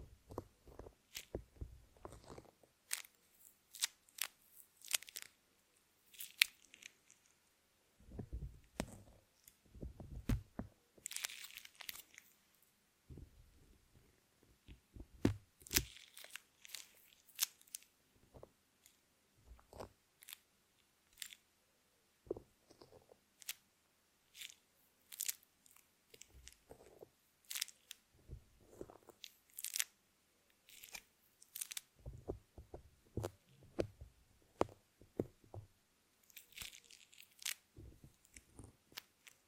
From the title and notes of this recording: NO TALKING, Squeezing, Crinkles, Tapping, Scratching.